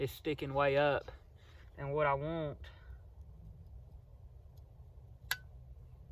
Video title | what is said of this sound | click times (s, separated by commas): setting traps for coyotes part 1 | it clicked right there. | 5.3 s